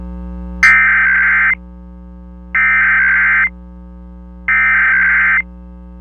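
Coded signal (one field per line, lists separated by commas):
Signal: Emergency Alert System (SAME) tones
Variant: header bursts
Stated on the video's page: Compilation of EAS test tones received in November 2022.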